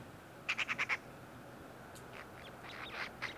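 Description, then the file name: Eurasian magpie uttering a short rapid rattle of five harsh notes, followed by fainter scattered chattering sounds. "Pica pica"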